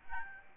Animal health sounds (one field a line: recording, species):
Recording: mosquito wingbeat signal from an infrared sensor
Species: Aedes albopictus